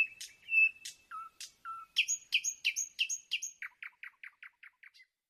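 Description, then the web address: Nightingale song: rich whistled phrases and sharp notes, then a fast run of repeated descending chips, with no other sounds. Singing at night; nocturnal performance. "spiew ptakow nocny wystep slowika"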